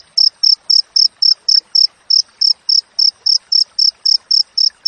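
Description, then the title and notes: Cricket chirping, a clear high trill in short evenly spaced pulses, about four per second, with faint scattered background rustle. Wild cricket chirping with close, tight spacing between chirps, used as training audio for songbirds and for repelling rats. "Masteran Jangkrik Alam Jernih, Jeda Rapat Cocok Untuk Masteran Burung Dan Mengusir Tikus. suara jangkrik"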